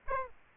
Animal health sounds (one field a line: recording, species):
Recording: mosquito wingbeat signal from an infrared sensor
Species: Aedes aegypti